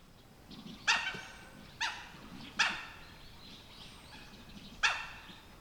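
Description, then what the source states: Mandarin duck calls: four abrupt, bright, bark-like notes spaced one to two seconds apart, each dropping away quickly. Mandarin ducks (oshidori) calling during rivalries.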